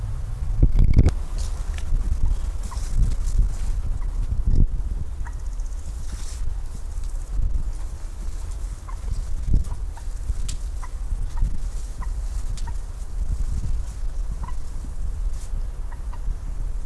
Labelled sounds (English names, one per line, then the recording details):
Common Moorhen call
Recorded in the wild
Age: adult
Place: Mühlenbeck, Brandenburg, DE
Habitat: wetland
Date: 1997-08-03 12:50
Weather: 24°C, heiter
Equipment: Sony MD-WM MZ-R3, Sennheiser ME 80, K 30 AV, Kopie Uher 4000 Report Monitor
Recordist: Tembrock, Günter
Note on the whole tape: Kurzlaute